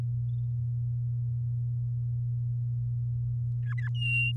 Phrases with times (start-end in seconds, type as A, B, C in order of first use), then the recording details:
3.66-3.89 A, 3.94-4.32 B. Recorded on 7 May 2018 at 06:00. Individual llb16